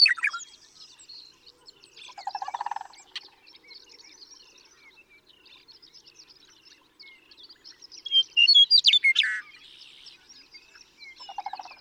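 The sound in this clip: Western meadowlark song: a loud whistled and bubbling phrase late, amid many chirping birds, with two lower, rapid rattling bursts.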